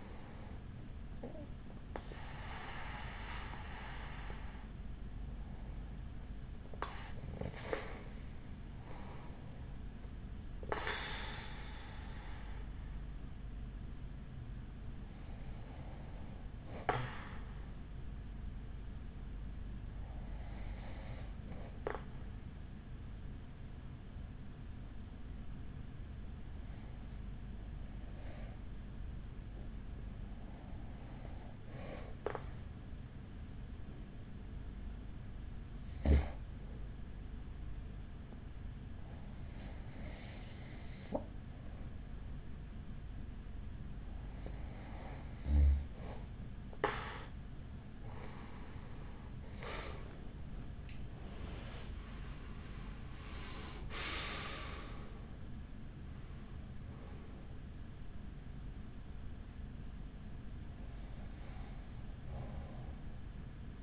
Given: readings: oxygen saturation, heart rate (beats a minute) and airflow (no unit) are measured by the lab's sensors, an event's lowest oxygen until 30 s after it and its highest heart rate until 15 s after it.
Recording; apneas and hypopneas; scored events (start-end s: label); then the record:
breathing in sleep by a smartphone at the bedside; 1
17.00-45.90 s: hypopnea (REM, oxygen 95% highest, then 91% lowest, heart rate 50 at the start, 67 highest)
46.00-63.83 s: new sleep stage, N1 (lightest sleep)
From the record:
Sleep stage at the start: REM sleep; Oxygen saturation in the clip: 91 to 95%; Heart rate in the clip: 41 to 67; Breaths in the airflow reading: 14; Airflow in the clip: -11.9 to 11.7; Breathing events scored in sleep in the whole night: 207 in 7.6 hours asleep